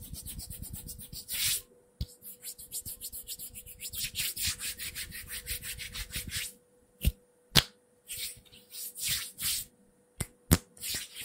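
Hands rub and brush quickly in rapid bursts for six seconds, then sparser swishes and a few sharp clicks follow, with a steady faint hum.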